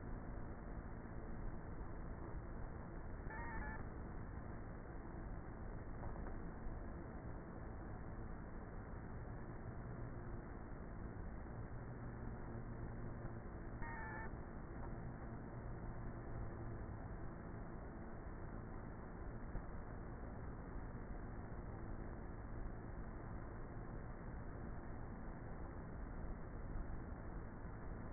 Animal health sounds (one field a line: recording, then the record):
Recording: honeybee colony, microphone inside the hive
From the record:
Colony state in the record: queenless with a low population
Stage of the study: before two queens were removed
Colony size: about 30,000 bees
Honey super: no